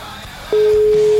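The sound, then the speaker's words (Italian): A telephone ringing tone on a call that goes unanswered: a single steady, mid-pitched electronic tone cuts in about halfway through and holds loudly to the end over a faint murmur of background noise. “Squilla ma non risponde.”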